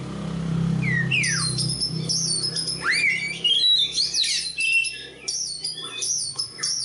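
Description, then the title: Oriental magpie-robin song of bright whistled slurs and fast chattering trills, delivered in rapid bursts over a low steady hum. Kacer Poci, national champion competition bird; singing gacor, with nembak and ngerol; seven kinds of kacer sound every three minutes. "Kacer Poci Gacor Nembak Dan Ngerol Juara Nasional. 7 macam suara kacer setiap 3 menit"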